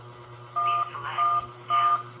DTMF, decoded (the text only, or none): 111